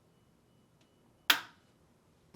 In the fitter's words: align the clip to the top of the tube and press until it snaps into place